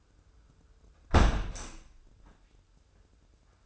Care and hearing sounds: daily activity, microphone in the room; close window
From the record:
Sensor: 2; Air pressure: 995.7 hPa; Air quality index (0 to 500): 88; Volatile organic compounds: 4 ppm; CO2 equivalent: 1593 ppm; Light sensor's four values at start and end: 24/77/31/29 and 24/76/30/29

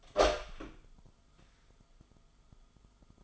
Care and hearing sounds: daily activity, microphone in the room; open door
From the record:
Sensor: 5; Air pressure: 1005.0 hPa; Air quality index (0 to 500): 98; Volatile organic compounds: 2 ppm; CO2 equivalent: 1199 ppm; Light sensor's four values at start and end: 34/79/31/30 and 34/78/31/30

